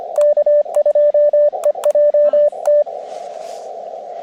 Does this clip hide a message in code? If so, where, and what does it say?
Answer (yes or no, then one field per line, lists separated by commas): yes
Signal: Morse code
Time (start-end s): 0.2-2.8 s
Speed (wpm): 25 wpm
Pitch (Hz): 590 Hz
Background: radio noise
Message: K2EJT